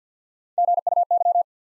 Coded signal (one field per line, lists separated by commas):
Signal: Morse code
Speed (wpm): 50 wpm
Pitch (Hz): 700 Hz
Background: none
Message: G U Y